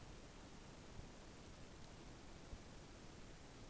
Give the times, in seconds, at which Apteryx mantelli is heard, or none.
none